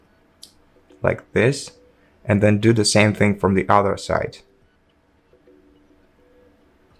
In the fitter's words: slightly carefully put it inside until it clicks